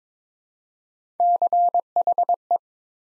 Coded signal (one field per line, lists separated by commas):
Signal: Morse code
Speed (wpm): 22 wpm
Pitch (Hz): 700 Hz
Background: none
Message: CHE